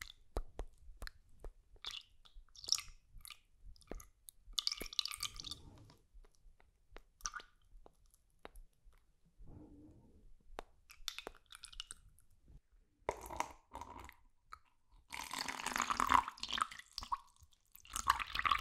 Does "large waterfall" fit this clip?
no